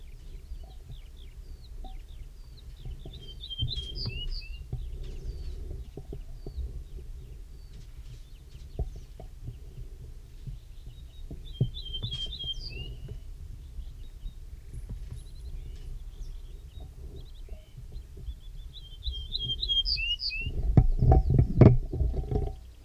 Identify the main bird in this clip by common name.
Ortolan Bunting